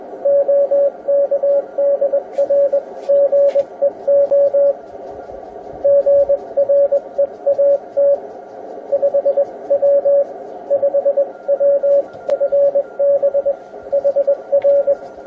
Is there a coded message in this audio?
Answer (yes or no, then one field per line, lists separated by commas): yes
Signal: Morse code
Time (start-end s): 0.3-14.9 s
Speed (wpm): 21 wpm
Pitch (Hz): 560 Hz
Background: radio noise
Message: OK DR GEO GREAT 5W 5W FB HR